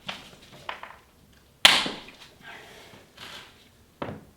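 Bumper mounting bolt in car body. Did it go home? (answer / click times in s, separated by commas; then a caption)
released / 1.7 s. A Torx screwdriver is pressed firmly inward to loosen a repainted, silver-painted bumper mounting bolt in the car body of an Audi B7 RS4, with the bumper held from the front. After a few faint taps and scrapes, the paint holding the bolt breaks with a sharp, loud click at 1.7 s, followed by a smaller tap near 4.0 s. The bolt cracks loose and is freed.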